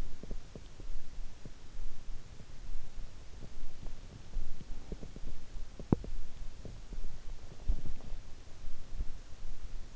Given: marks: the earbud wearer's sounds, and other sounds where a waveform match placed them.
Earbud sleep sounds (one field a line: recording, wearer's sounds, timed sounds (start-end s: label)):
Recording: sounds in sleep by an in-ear microphone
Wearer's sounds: teeth grinding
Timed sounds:
0.00-1.83 s: teeth grinding
3.21-9.69 s: teeth grinding